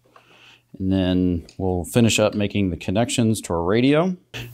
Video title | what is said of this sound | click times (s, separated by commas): Soundstream Reserve Harley-Davidson Head Unit (HDHU.14) Installation - 2014+ Harley-Davidson | on one side that's going to go on the bottom i'm just going to push that until it snaps | 0.2 s